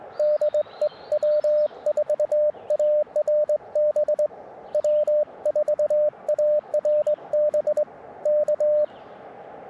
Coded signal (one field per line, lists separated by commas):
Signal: Morse code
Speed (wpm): 22 wpm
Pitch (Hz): 600 Hz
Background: radio noise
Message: DE W4ARB W4ARB K